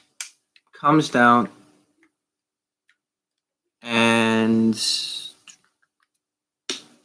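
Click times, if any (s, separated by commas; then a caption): 6.7 s. A detached limb piece of a plastic transforming robot toy is folded down and pushed into its body socket while someone talks. A few faint taps are heard, then one loud, sharp snap at 6.7 s as the piece seats and locks into place.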